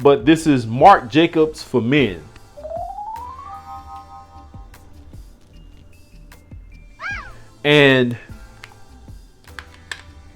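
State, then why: Not seated. Someone talks while putting the cap back on a Marc Jacobs for men fragrance bottle, and a rising tone, a short chirp and a few light taps of contact follow. The cap does not click into place and only sits as a snug friction fit, so nothing has clicked.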